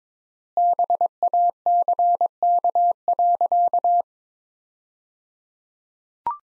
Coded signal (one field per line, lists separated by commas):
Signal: Morse code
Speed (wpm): 22 wpm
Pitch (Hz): 700 Hz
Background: none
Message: BACK.